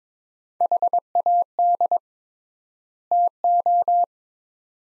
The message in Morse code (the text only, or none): HAD TO